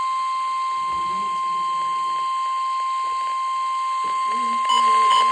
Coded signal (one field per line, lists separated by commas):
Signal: Emergency Alert System (SAME) tones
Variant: 1050 Hz attention tone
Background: speech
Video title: Required Weekly Test (EAS #841) 2/25/26